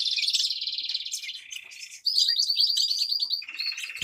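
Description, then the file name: Grass parakeets chattering in high, buzzy trills that hold steady, drop to a lower trill, then rise again after a brief pause. "travyanye popugaiciki"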